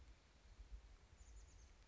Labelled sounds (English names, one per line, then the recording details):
Chestnut-backed Chickadee
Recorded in Sonoma County, California